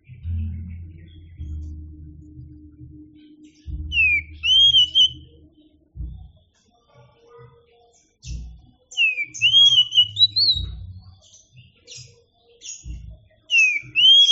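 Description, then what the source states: Oriental magpie-robin singing clear whistled phrases that rise then flutter, repeated a few times, over a low rumbling hum in the background. Champion singing bird; kacer song.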